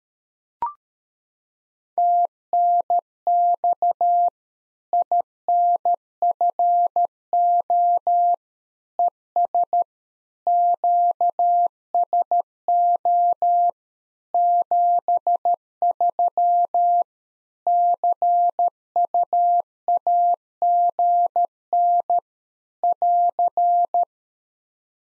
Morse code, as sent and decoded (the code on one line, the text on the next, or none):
- -. -..- / .. -. ..-. --- / . ... / --.- ... --- / --... ...-- / -.-. ..- .- --. -. / .-.-.
TNX INFO ES QSO 73 CUAGN <AR>